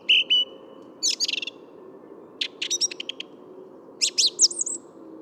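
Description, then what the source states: Song Thrush singing short varied phrases, each built from quick repeated notes, some clipped and some whistled, with brief gaps between them over a low background hum. Another song thrush, in the middle of the Bois de Vincennes wood; Thursday 14 February 2019, 8–10:30 am, sunny, almost spring-like, 3–4 °C; Nagra Seven, Telinga Pro7.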